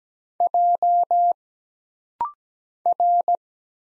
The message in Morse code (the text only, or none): J R